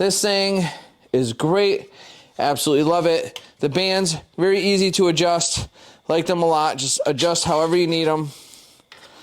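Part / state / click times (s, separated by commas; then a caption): strap band adjuster locking on a tree-stand climbing platform / not seated / none. Someone talks while handling the strap band adjuster on the tree-attachment band of a Panther Platforms Quick Climb Climber saddle-hunting climbing platform. Near the end, two brief, faint ticks come at about 8.5 and 8.9 seconds. The adjuster has not been let go and has not locked in yet.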